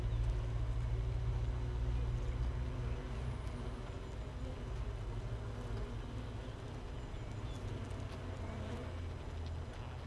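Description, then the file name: Honey bees in the hive giving a dense, deep hum, louder at first and easing slightly. Hive 1, colony without a queen, recorded 31 May 2018 at 15:30. "Hive 1 31 05 2018 NO Queen Bee H 1 audio 15 30 00"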